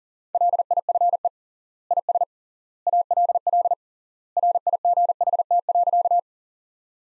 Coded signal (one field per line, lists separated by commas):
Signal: Morse code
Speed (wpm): 40 wpm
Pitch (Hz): 700 Hz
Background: none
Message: LIFE IS ALL RIGHT.